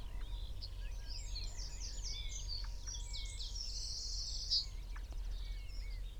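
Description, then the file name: Eurasian wren giving rapid high-pitched bursts of notes and a quick buzzy trill, over a steady low rumble. "Troglodytes troglodytes"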